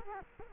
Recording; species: mosquito wingbeat signal from an infrared sensor; Culex quinquefasciatus